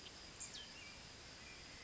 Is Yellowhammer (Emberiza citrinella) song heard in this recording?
no